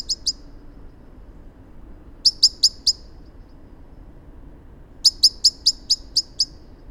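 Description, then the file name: Common blackbird making quick, sharp, high-pitched chips in three groups of two to seven notes, with steady low background noise. "Turdus merula"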